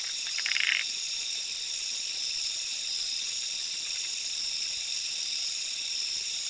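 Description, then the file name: Zoque treefrog call: one brief burst of rapid rattling pulses near the start, then only a continuous high-pitched insect chorus. "Quilticohyla zoque"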